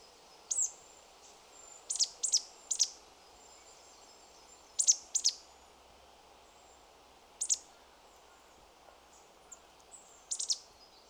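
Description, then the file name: Marsh tit calls: sharp, high chipping notes, singly or in short clusters of two or three, scattered throughout, over a steady faint background hiss. "Poecile palustris"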